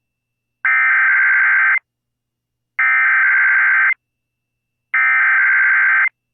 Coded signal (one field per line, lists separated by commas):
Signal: Emergency Alert System (SAME) tones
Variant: header bursts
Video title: KBIF Did a Weird Sound (EAS #22449-22486) 9/10/24